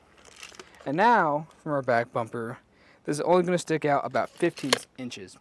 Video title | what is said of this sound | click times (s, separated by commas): Installation Guide for the Saris MHS DUO Bike Rack for 2 Bikes on a 2023 Ford Transit T350 | you can push it up a little bit more until it clicks. | 0.4 s